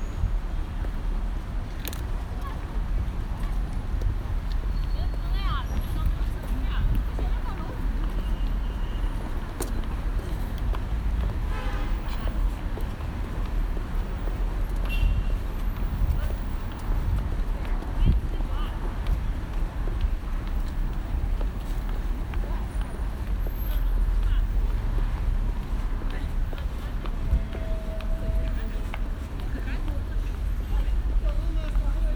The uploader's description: a field recording of a visit to experience the sound piece 'Window Pain' by Colin Siyuan Chinnery, installed at Tattoo Parlour space in Beijing